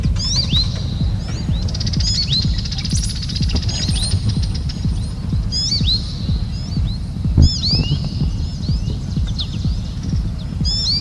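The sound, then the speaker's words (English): A brown-headed cowbird perched on telephone wires gives its creaky, bubbling song, repeating bursts of high, squeaky, sliding notes over a steady low rumble that fills the background. “Brown-headed cowbird is using telephone wires. The song is a musical twitter as their perches and singing their creaky, bubbling song.”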